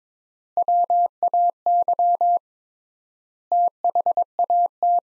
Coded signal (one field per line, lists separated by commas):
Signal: Morse code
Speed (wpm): 22 wpm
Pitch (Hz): 700 Hz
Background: none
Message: WAY THAT